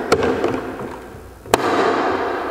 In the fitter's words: Engage The tangs and snap in place